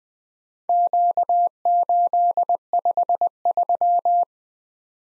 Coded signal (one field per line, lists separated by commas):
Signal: Morse code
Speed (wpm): 20 wpm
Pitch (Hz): 700 Hz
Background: none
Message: Q853